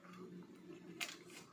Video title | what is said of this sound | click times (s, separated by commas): Basic Computer build I3 3rd Gen processor Zebronics H61 8 GB RAM 256 SSD | यह perfectly lock हो गया है। | 1.0 s